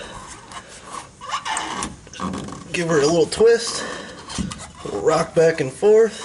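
A rubber jounce bump stop is pushed, twisted and rocked by hand into its rear-axle bump-stop cup on the frame mount of a Jeep Gladiator pickup, making soft rubbing and rasping sounds with a few short knocks while someone talks. Nothing has seated or popped into place yet by the end of the clip.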